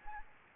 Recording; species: mosquito wingbeat signal from an infrared sensor; Aedes aegypti